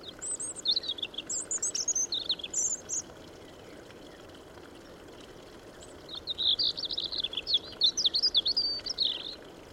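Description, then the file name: European robin delivering two rapid phrases of high, sparkling, tumbling notes with thin whistles, separated by a quiet gap of about three seconds, with a low steady hiss beneath. "Erithacus rubecula"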